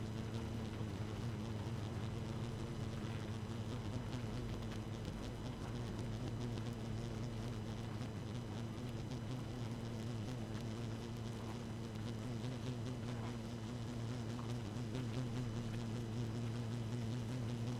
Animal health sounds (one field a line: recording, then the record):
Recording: honeybee colony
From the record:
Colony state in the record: active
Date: 12 June 2018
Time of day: 1:09